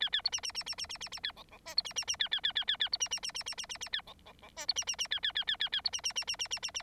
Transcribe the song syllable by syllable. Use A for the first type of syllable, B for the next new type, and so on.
A A B C C C C C C C C A D D E B C C C A A A A A A B C C C C C C C C A D D D E B C C C A A A A A A B C C C C C C C C